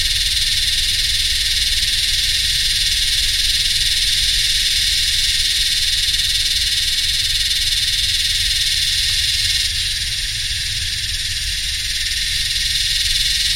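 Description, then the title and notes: Yellowbelly cicadas in a continuous, piercing buzzing chorus that dips slightly near the end, with low machine hum beneath. Several cicadas singing in the heat, subtropical dry sclerophyll forest and heathland, Royal National Park, New South Wales, Australia, summer, 7 December 2015, humming machines audible alongside. "Yellowbelly (Psaltoda harrisii) singing in the heat along with some humming machines in a mixture of subtropical dry scherlophyll forest and heathland. 7th of December, 2015 (Royal National Park, NSW, Australia.)"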